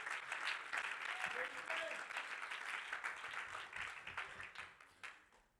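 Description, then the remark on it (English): A church audience claps their hands unto the Lord in steady, dense applause that holds strong for several seconds, then gradually thins and fades toward the end. “If you believe that, would you clap your hands unto the Lord in this place?”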